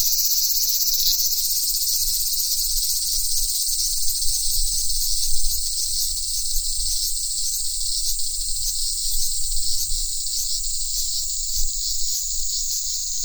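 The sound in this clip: Cicadas buzzing, a loud high shimmering drone over a low rumbling background noise.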